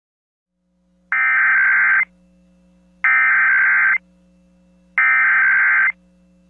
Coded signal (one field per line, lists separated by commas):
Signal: Emergency Alert System (SAME) tones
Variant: header bursts